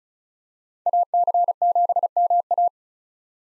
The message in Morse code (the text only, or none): AC7MA